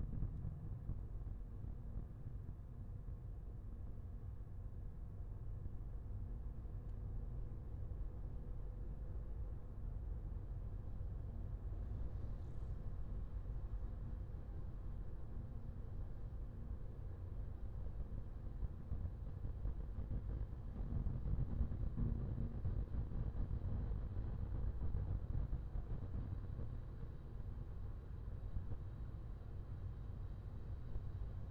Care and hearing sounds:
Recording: everyday scene through a hearing-aid microphone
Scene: in a vehicle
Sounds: engine, highway driving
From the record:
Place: Skoda Fabia, gasoline engine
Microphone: behind the ear, left, rear

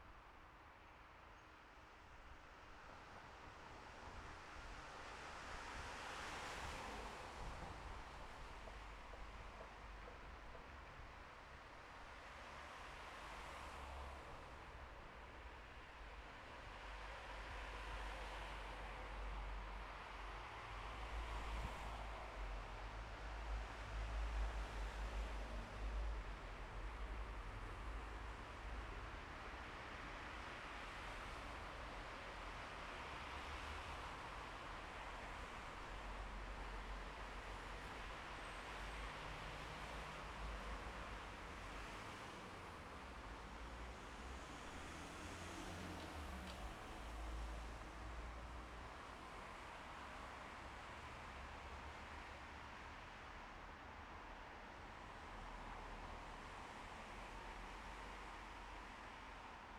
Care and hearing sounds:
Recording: everyday scene through a hearing-aid microphone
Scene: in traffic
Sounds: traffic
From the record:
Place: bus stop on a city main road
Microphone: behind the ear, left, rear

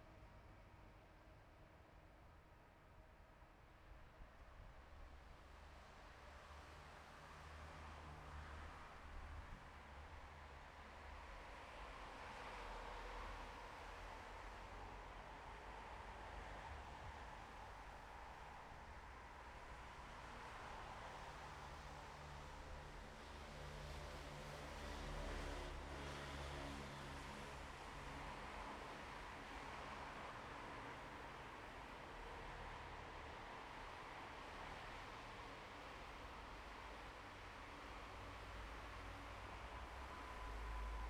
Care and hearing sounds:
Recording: everyday scene through a hearing-aid microphone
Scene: in traffic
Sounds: traffic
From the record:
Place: bus stop on a city main road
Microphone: behind the ear, left, front

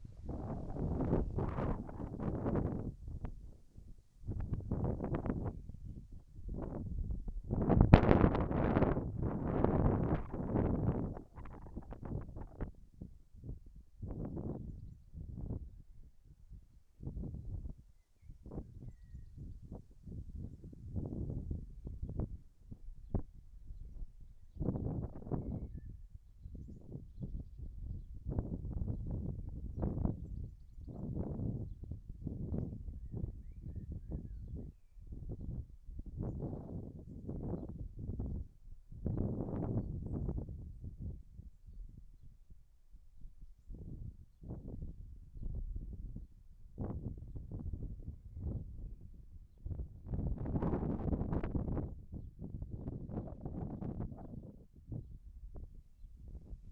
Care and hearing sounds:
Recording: everyday scene through a hearing-aid microphone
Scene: wind on the microphone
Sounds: wind, whistling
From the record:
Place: in front of a rural house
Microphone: behind the ear, left, front

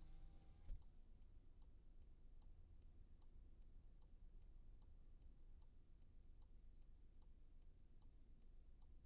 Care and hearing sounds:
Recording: everyday scene through a hearing-aid microphone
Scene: in a vehicle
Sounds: engine idling, traffic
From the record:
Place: Skoda Fabia, gasoline engine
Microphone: behind the ear, right, front

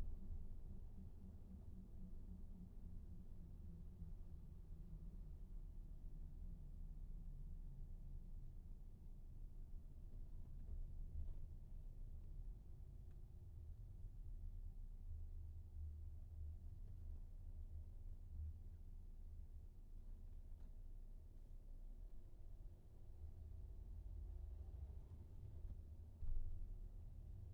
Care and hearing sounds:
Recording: everyday scene through a hearing-aid microphone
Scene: in a vehicle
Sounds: engine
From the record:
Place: VW T5 Caravelle, diesel engine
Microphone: behind the ear, right, front

